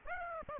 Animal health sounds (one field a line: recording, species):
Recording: mosquito wingbeat signal from an infrared sensor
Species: Aedes aegypti